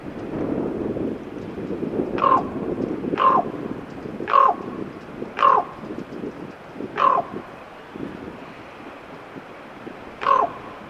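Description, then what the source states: Common raven uttering a series of five gruff croaks roughly one second apart, then a pause and one more, with a low rumble at the start. Teller, Alaska.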